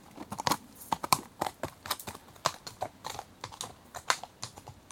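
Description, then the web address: Horse hooves striking a hard rough surface in an uneven walking rhythm, many clear clops in quick succession. Walking on a rough track, departing at a walk from left to right. "BBC Horses Walking"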